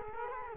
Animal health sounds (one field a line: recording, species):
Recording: mosquito wingbeat signal from an infrared sensor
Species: Culex quinquefasciatus